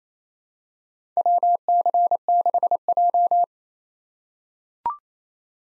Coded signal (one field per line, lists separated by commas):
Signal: Morse code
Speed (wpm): 28 wpm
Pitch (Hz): 700 Hz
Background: none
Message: WC6J